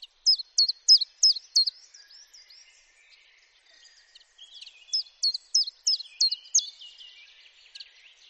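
Common chiffchaff singing two bursts of clipped, evenly paced chiff-chaff notes, with a quieter twittering pause between them.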